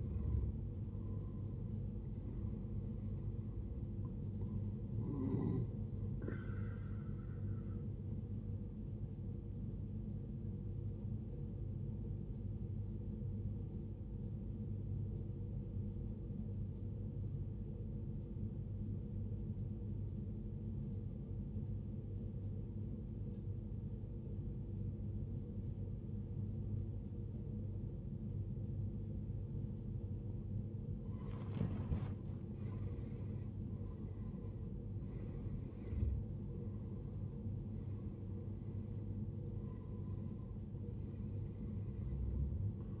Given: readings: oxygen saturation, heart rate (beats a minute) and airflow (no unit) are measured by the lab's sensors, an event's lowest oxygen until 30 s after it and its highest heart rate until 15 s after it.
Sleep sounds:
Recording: breathing in sleep by a smartphone at the bedside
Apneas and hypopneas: 1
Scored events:
13.00-32.50 s: obstructive apnea (N1, oxygen 95% highest, then 82% lowest, heart rate 61 at the start, 69 highest)
19.00-43.00 s: new sleep stage, N2 (light sleep)
From the record:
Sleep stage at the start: N1 (lightest sleep)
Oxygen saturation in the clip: 87 to 95%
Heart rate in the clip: 57 to 69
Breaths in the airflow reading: 6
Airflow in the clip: -14.6 to 16.1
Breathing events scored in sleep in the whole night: 389 in 6.3 hours asleep

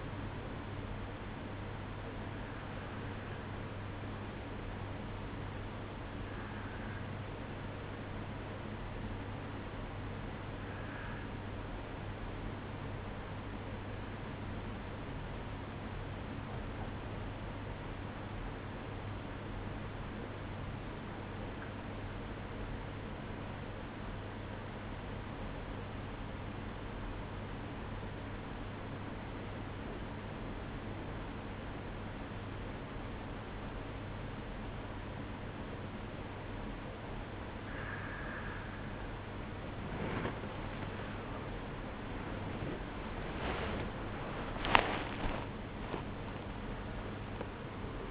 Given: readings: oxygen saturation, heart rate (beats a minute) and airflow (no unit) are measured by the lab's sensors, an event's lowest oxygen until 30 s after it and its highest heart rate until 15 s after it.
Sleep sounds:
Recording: a person awake in a sleep study, by a voice recorder at the bedside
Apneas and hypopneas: 1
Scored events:
5.00-37.00 s: obstructive apnea (N1, oxygen 96% highest, then 92% lowest, heart rate 54 at the start, 78 highest)
22.00-48.11 s: new sleep stage, awake
36.00-48.11 s: awake
From the record:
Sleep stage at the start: N1 (lightest sleep)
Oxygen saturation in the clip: 92 to 96%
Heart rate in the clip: 53 to 76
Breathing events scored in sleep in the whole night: 305 in 9.6 hours asleep

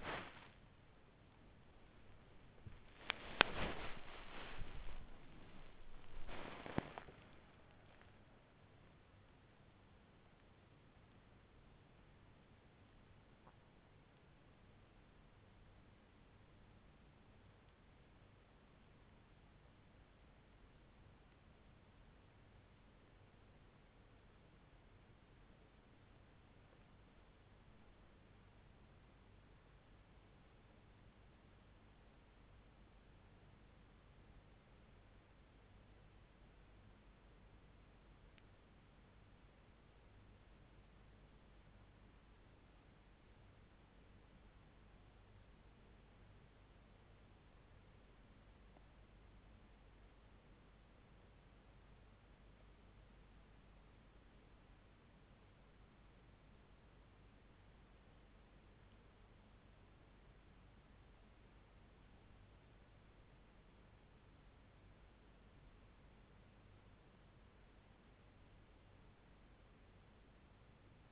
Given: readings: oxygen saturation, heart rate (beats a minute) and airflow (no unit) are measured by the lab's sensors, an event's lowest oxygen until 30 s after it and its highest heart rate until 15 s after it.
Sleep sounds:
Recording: a person awake in a sleep study, by a voice recorder at the bedside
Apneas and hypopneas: 2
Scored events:
0.00-46.00 s: awake
13.00-29.00 s: hypopnea (scored as awake, oxygen 95% highest, then 93% lowest)
38.00-71.12 s: new sleep stage, N1 (lightest sleep)
46.00-63.80 s: hypopnea (N1, oxygen 95% highest, then 92% lowest)
From the record:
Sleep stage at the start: awake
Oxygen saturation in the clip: 93 to 96%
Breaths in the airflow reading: 12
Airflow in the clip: -7.2 to 9.4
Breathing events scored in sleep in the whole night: 368 in 8.0 hours asleep

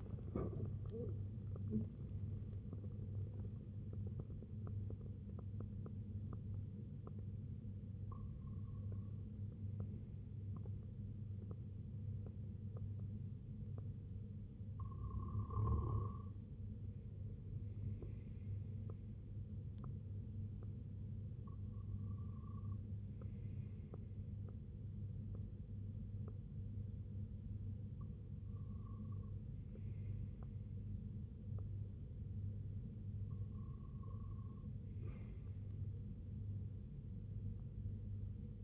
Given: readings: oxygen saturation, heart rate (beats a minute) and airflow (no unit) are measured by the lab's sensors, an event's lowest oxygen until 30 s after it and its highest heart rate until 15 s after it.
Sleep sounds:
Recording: breathing in sleep by a smartphone at the bedside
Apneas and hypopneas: none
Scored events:
0.00-4.00 s: awake
From the record:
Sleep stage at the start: N1 (lightest sleep)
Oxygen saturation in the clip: 94 to 96%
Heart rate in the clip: 61 to 94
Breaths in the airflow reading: 7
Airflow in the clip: -9.1 to 10.5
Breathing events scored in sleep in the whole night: 258 in 7.4 hours asleep

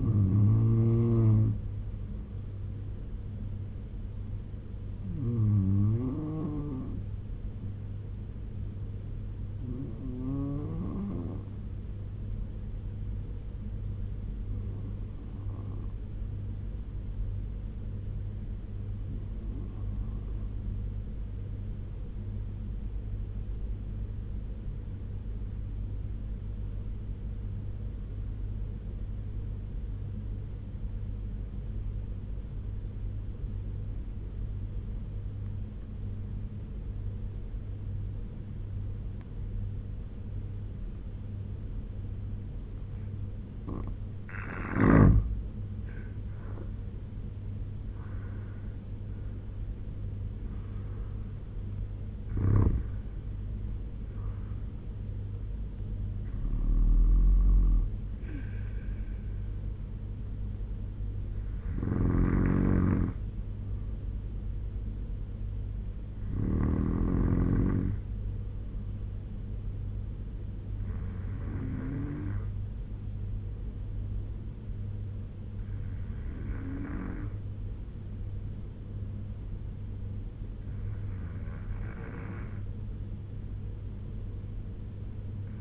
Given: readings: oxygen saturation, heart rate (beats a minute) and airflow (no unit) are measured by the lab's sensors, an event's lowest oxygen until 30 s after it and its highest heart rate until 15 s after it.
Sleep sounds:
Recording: breathing in sleep by a smartphone at the bedside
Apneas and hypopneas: 1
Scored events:
15.00-45.00 s: obstructive apnea (N2, oxygen 95% highest, then 80% lowest, heart rate 67 at the start, 85 highest)
From the record:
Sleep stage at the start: N2 (light sleep)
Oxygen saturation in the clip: 80 to 96%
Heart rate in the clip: 65 to 85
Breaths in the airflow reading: 13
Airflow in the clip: -8.6 to 8.3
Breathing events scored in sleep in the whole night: 201 in 6.5 hours asleep

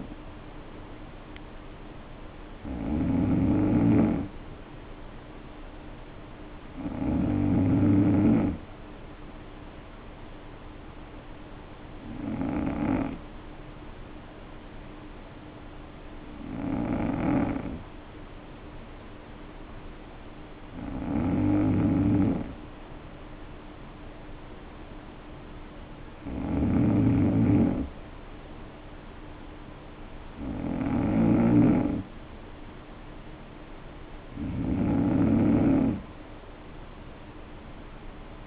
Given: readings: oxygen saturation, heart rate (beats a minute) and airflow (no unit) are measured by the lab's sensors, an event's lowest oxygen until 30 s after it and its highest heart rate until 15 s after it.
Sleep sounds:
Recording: breathing in sleep by a voice recorder at the bedside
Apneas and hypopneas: 1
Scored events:
13.00-27.20 s: hypopnea (N2, oxygen 94% highest, then 91% lowest, heart rate 55 at the start, 58 highest)
From the record:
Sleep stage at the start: N2 (light sleep)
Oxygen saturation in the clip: 91 to 94%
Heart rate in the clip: 52 to 58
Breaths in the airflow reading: 8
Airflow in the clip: -5.3 to 4.1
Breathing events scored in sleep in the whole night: 520 in 7.2 hours asleep

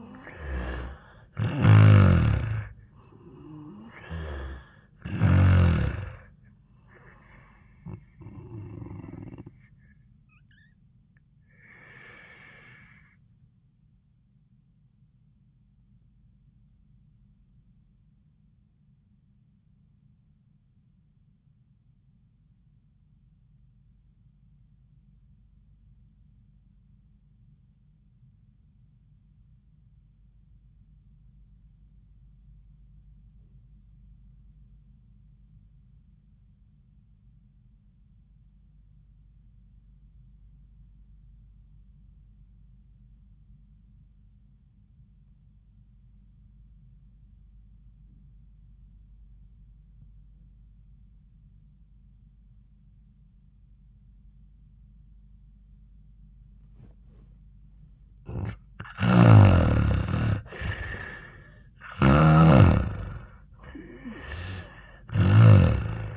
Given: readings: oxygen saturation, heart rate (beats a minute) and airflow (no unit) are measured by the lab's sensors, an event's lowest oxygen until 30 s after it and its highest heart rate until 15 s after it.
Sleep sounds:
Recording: breathing in sleep by a smartphone at the bedside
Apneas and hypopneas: 1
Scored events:
16.00-57.60 s: obstructive apnea (N1, oxygen 98% highest, then 76% lowest, heart rate 80 at the start, 85 highest)
20.00-50.00 s: new sleep stage, REM sleep
50.00-66.17 s: new sleep stage, N1 (lightest sleep)
From the record:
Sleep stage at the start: N1 (lightest sleep)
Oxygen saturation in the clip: 79 to 98%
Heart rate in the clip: 66 to 88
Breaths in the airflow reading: 3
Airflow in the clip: -7.6 to 2.9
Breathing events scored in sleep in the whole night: 400 in 8.7 hours asleep

